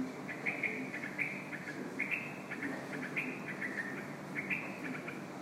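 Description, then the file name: Bulbul calls, brief bright chirps in quick irregular bursts, set against constant low background noise. "Bulbuls-calls-Ilsa Sharp"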